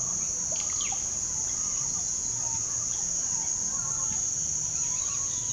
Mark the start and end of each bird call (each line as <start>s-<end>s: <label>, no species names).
0.00s-5.53s: bird call